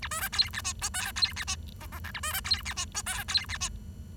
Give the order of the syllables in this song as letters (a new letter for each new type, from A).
A B C D E F G H D E F I I J A B C D E F G H D E F